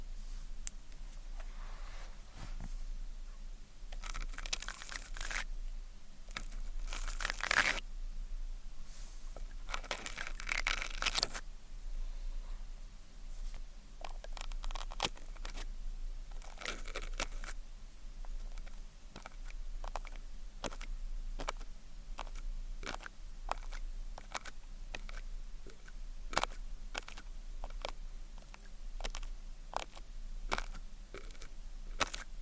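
Ear cleaning sounds with tweezers: sharp clicks and scratchy taps come every second or so, some in quick clusters, over a low steady hum. Near seconds 8 and 10 to 11, longer crackling bursts stand out, like sticky peeling or crinkling.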